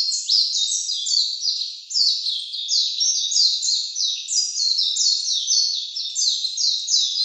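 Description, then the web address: Warbling white-eye song: a long, rapid, high-pitched twittering warble of tumbling notes pouring out without a break. 16 April 2017. "birdenaga mejiro"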